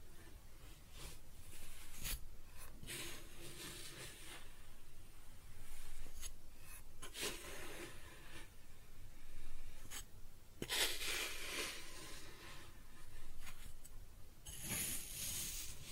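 Kinetic sand is cut and scooped in a run of soft, gritty scrapes and rubs, each lasting a second or so. Brighter hissy strokes come every couple of seconds, sharpest near 2, 7, 11 and 15 seconds, over a steady low rumble.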